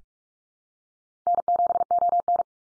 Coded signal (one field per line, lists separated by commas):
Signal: Morse code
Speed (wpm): 44 wpm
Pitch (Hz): 700 Hz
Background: none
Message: N7ON